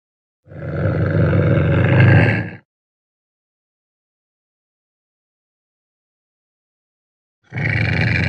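Ocelot call: a harsh, raspy growl lasting about two seconds, then a long silence before another rough call begins near the end.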